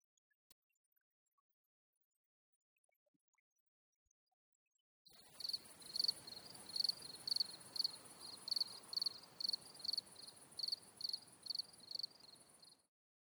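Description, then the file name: Cricket song begins after five seconds of quiet: steady high chirps pulsing roughly twice per second for about eight seconds before cutting off. Two crickets. "DEUX GRILLONS"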